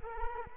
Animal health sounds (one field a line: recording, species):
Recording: mosquito wingbeat signal from an infrared sensor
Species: Culex quinquefasciatus